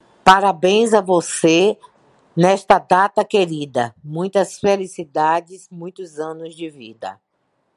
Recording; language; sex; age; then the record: short text; Brazilian Portuguese; female; 50 to 59 years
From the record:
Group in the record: control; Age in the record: 58 years